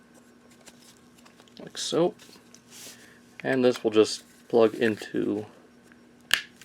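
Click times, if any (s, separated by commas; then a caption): 6.3 s. Someone talks while plugging a plastic accessory piece into its socket on a Transformers Masterpiece MP-24 Cybertron Commander Star Saber transformable figure, with a few faint handling ticks along the way. A sharp snap at 6.3 s marks the piece clicking into place, fully seated.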